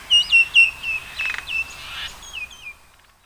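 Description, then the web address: Common myna calls: a few loud whistled notes at the start, then softer notes and squeaks that fade away. Recorded on Yonaguni, 30 March 2024. "koe indohakka yonaguni 20240330"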